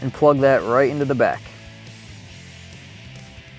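The kit's integrated aux connector harness is being handled toward the back of the plastic factory aux connector on a 2010-2014 Mustang during a Navos OE-style touchscreen navigation install. Someone talks over the first part of the clip, followed by quiet low-level background sound. Nothing has seated or clicked yet.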